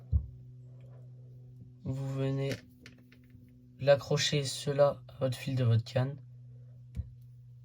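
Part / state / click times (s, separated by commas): snap clip on the carp rig closing onto the rod line / seated / 7.0 s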